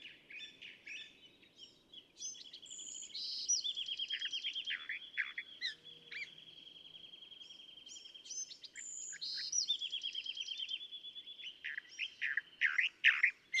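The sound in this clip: California thrasher singing continuously: mixed chattering phrases and extended rapid trills of repeated notes, with louder squeaky phrases toward the end, over a soft hiss.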